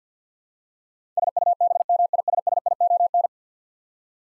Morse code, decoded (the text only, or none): SUBMISSION